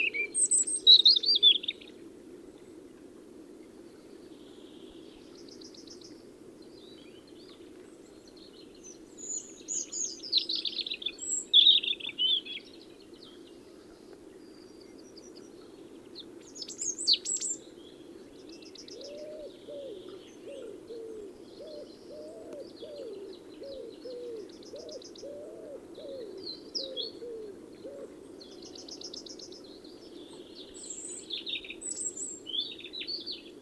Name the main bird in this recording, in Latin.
Erithacus rubecula